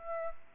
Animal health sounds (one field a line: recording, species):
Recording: mosquito wingbeat signal from an infrared sensor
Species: Aedes aegypti